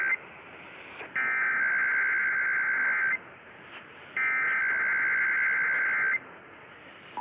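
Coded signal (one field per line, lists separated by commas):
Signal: Emergency Alert System (SAME) tones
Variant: header bursts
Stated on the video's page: Required monthly test originated from a radio station and relayed on all radio and TV stations in the Denver metro operational area.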